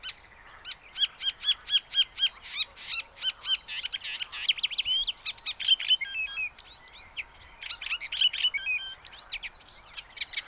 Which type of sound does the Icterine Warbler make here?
song